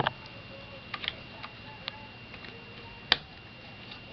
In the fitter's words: And we just hear the click and the RAM module slide out.